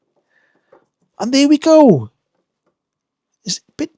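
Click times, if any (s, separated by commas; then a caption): 3.8 s. An indicator bulb holder is pushed back into the rear of a Fiat Doblo (2010 to 2015) headlight housing and turned until it locks, a job made hard one-handed because the unit moves. Someone talks, then a short, sharp click is heard at 3.8 s as the holder seats back in place.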